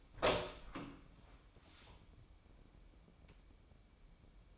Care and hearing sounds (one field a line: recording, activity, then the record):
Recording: daily activity, microphone in the room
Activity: open door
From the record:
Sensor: 1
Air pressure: 1012.4 hPa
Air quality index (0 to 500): 165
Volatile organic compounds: 3 ppm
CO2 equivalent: 1354 ppm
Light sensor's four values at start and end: 575/1350/595/717 and 572/1343/592/714